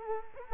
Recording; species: mosquito wingbeat signal from an infrared sensor; Culex quinquefasciatus